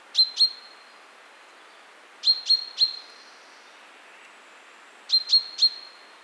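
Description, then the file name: Common chaffinch calls, short sharp high notes given in clusters of two or three, each note with a brief ringing tail, clusters spaced about two to three seconds apart over faint background hiss. "Fringilla coelebs"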